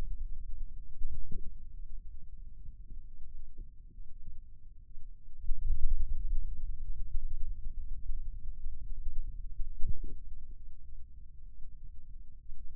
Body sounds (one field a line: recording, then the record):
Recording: forearm muscle sounds (acoustic myography)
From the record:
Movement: ulnar deviation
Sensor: system 2, bracelet of six BSWA MPA416 microphones around the upper forearm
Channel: 5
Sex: male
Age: 22 years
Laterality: right